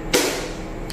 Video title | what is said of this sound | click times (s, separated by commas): Bài 6: Hệ thống đường ống dẫn nước tưới --- Series hướng dẫn tự làm hệ thống tưới tại nhà | Nghe cái cạch là có nghĩa là cái này nó đã kín rồi, nó đã. | 0.1 s